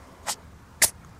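Two tiny, airy bursts about half a second apart, the second louder, thin and high-pitched with almost no low sound, over faint background hiss. A bat sneezing, a soft little puff.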